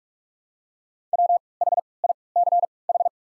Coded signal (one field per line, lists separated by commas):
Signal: Morse code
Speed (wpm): 43 wpm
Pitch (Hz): 700 Hz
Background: none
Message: W H I C H